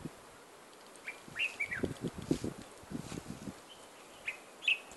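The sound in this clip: Bird chirps, thin high notes in small groups, partly masked by low rumbling and rustling noise.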